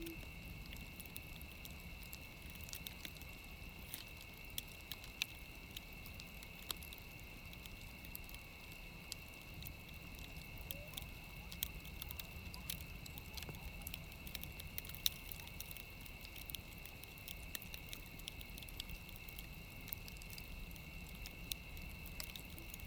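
A crackling fire pops and snaps at irregular moments through the whole clip, with a few sharper cracks standing out. A steady, high, even tone holds throughout, and a low, rumbling murmur stays underneath without much change.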